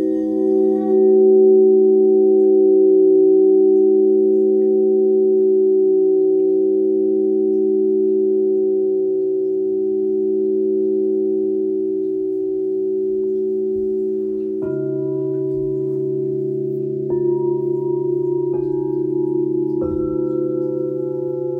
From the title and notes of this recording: This meditation focuses on 16 C bowl, several F bowls and Rose Quartz bowls.